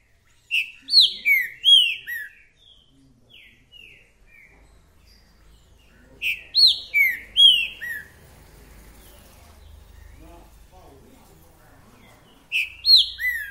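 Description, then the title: Green-winged saltator singing three bursts of rich, whistled, downward-sliding notes separated by pauses of several seconds, the last burst cut off. Trinca-ferro calling, singing and showing male aggression in a dispute; repetitive singer delivering one song after another; 'mercenário' song type; used to stir up other trinca-ferros. "Esse É PERFEITO Para ESQUENTAR Seu TRINCA Piando, Cantando E Macheando Na DISPUTA. TRINCA FERRO REPETIDOR !! UM CANTO ATRÁS DO OUTRO!!! TRINCA FERRO MERCENARIO!"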